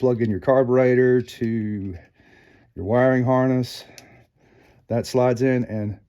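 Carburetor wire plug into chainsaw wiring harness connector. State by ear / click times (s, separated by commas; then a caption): not seated / none. Someone talks while the carburetor wire plug of a Stihl MS201TC chainsaw, during a top handle replacement, is slid into the wiring harness connector. The clip ends before the plug goes home, so nothing has seated or clicked yet.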